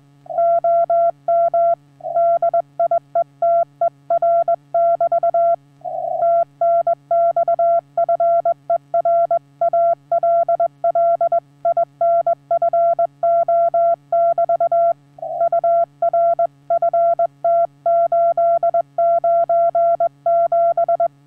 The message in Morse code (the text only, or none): OM DIETER <BT> TNX FER ALL INFO <BT> UR FT897